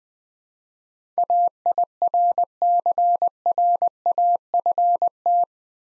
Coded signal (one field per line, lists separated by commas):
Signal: Morse code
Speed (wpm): 21 wpm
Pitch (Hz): 700 Hz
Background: none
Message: AIRCRAFT